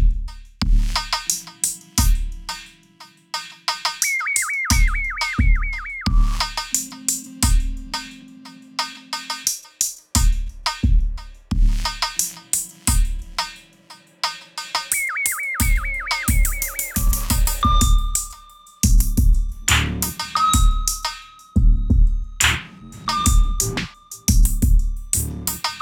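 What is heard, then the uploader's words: Electronic beeps, bell tones and fuzzy bursts over quick hi-hat ticks, with a warbling high melody repeating around five and sixteen seconds. Beeps, bells, fuzz, hihats.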